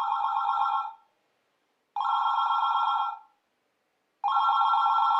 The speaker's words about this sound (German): Das Telefon klingelt.